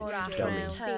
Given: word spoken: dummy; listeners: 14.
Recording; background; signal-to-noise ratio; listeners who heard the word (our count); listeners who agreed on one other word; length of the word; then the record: one English word in noise, from a listening test; four-talker babble; -1.0 dB; 5 of 14; 7 of 14; 0.58 s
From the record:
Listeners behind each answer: 7, 5, 1, 1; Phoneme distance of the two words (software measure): 10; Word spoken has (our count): 2 syllables, 4 phonemes, stress on syllable 1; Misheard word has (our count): 2 syllables, 4 phonemes, stress on syllable 1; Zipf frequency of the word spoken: 3.77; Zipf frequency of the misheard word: 3.93